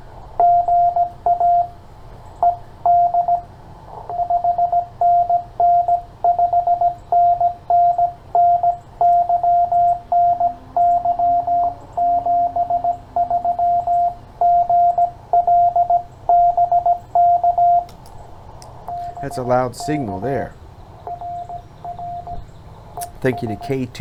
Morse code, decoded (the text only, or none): GA ED 5NN 5NN NY NY 73 GL BK BK RR ES